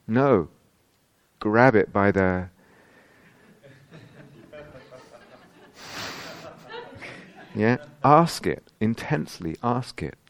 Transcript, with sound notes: No! Grab it by the... [laughter] Yeah? Ask it! Intensely ask it.